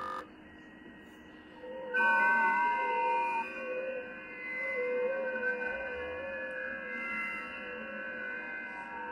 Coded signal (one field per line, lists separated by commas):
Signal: FT8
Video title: Shortwave Radio - Tuning the airwaves with the Malahit DSP2